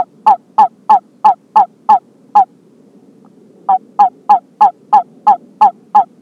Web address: a b halophilus